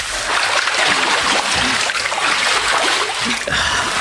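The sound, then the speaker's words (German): Loud, steady rush of flowing river water where the river narrows, a dense unbroken hiss with faint low gurgles and splashes churning underneath throughout, and no voices. “Da vorne wird der Fluss enger.”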